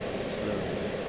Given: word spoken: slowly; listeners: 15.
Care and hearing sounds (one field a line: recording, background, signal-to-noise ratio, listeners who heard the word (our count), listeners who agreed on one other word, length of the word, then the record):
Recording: one English word in noise, from a listening test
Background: speech-shaped noise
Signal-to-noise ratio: -5.1 dB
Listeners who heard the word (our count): 4 of 15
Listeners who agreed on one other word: 9 of 15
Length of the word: 0.69 s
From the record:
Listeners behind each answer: 9, 4, 1, 1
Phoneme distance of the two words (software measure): 14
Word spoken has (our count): 2 syllables, 5 phonemes, stress on syllable 1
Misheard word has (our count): 1 syllable, 3 phonemes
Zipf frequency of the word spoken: 4.57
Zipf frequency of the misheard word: 4.81